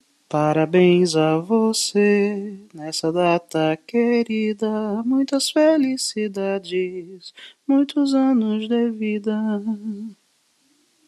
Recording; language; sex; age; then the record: short text; Brazilian Portuguese; male; 40 to 49 years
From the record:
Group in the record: control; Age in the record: 41 years